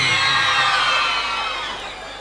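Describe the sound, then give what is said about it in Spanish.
An audience at a live night show in Salta, including drunk people, roars with loud shouts and cheers, a dense wash of many voices that holds steady and then fades slightly toward the end. “Y a ver el grito de la gente borracha también esta noche.”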